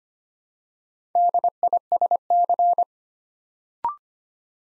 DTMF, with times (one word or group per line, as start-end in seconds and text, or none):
none